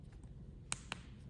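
A plastic backing is pressed by hand onto the post of the second safety eye through the crocheted fabric of a crochet ghost keychain. A sharp snap at 0.7 s is followed by a second, slightly softer click at 0.9 s, over a low background hum. The backing snaps on and the second safety eye is seated.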